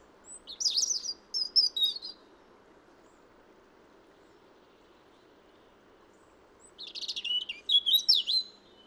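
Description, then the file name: European robin song: two bursts of thin, high, warbling phrases with sweet whistles and quick trills, separated by several seconds of quiet, over a soft steady hiss. "Erithacus rubecula"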